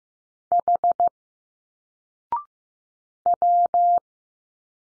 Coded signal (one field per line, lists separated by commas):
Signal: Morse code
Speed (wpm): 15 wpm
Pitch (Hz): 700 Hz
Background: none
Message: H W